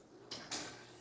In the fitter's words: You hear that click?